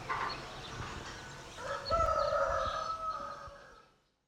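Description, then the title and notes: Rooster crowing once, a long crow preceded by other sounds. Dawn in an urban neighbourhood of Yaoundé, Cameroon, 20 December 2023 at 6:32 a.m.; recorded on a phone, low quality. "Recording of the soundscape of the Nkolmbong-Nord neighborhood, Émana, Yaoundé 1, Cameroon. December 20, 2023, 6:32 a.m. Sounds captured: birds, roosters, sounds at dawn."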